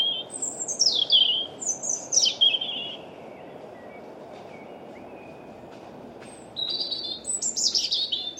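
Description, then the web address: European robin singing several high, tumbling phrases with sharp downward slides, falling silent for a few seconds, then resuming with thin, jangling notes against a steady low rumble. "Deverinetal 2025 Bird Only Er Ru"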